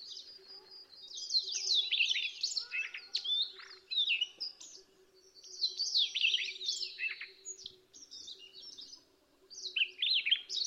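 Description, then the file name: Siberian rubythroat song: rich, varied warbling phrases of slurred whistles and chirps, delivered in bursts separated by short pauses, with a steady low hum underneath. Sound variation. "suara siberian rubythroat variasi"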